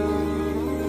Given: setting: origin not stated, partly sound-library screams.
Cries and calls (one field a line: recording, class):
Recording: one-second piece from a danger detection set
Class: normal situation